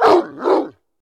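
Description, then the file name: Dog barking: one rough, two-part bark that swells, dips and swells again, lasting under a second before silence. "Digiffects Sound Effects Library - Dog Bark Version 1"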